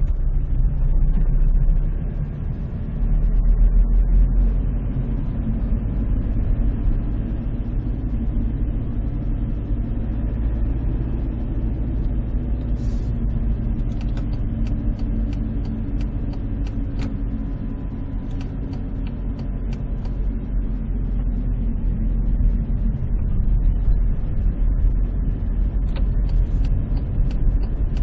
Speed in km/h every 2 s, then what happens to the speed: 16, 19, 24, 26, 25, 27, 26, 25, 20, 21, 20, 18, 20, 21.
0-9 speeds up to 27. 9-21 slows to 18. 21-28 steady at about 20.